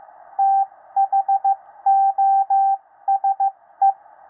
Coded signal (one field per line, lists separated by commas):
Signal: Morse code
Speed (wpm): 15 wpm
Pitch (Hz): 780 Hz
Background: radio noise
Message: THOSE